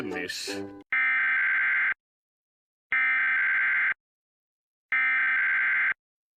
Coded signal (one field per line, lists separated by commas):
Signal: Emergency Alert System (SAME) tones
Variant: header bursts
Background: speech